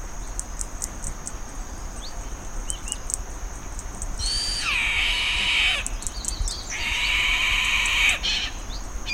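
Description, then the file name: Bird utters two rough, buzzy screeches, each lasting over a second, against a constant high whine and scattered ticks. "SABIOD 50 bird 2015"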